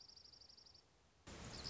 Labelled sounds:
Dark-eyed Junco (Junco hyemalis)
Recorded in Sonoma County, California

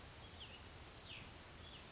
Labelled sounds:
Cassin's Vireo (Vireo cassinii)
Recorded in Sonoma County, California

